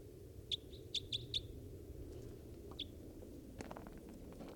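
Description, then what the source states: Crossbill calls: a quick run of four sharp, high chips, then one more about a second and a half later, followed by a burst of rustling noise over a low background hiss. At least three crossbills, foraging on the ground on fallen Engelmann spruce cones.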